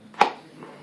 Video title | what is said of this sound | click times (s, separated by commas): Mitch Rosen Gun leather holster review | so again you'll hear the pop | 0.2 s